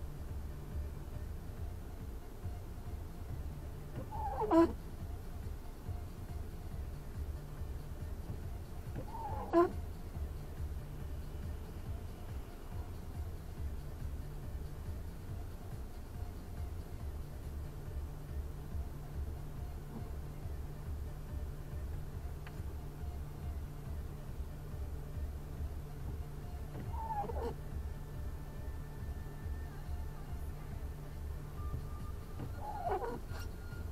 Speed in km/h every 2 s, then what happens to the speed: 0, 0, 0, 0, 0, 0, 0, 0, 0, 1, 0, 0, 0, 0, 1, 0, 0.
0-34 standing.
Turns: none.